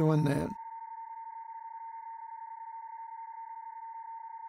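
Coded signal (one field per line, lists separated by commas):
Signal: PSK31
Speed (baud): 31.25 baud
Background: speech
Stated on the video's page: PSK31 contact on 20 meters.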